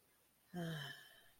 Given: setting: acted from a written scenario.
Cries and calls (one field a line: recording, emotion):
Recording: vocal sound without words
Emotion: guilt